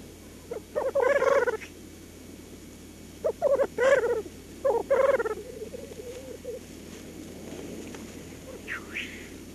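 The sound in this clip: Black grouse calls: three bubbling, rolling phrases, then quieter burbling and a faint hiss near the end.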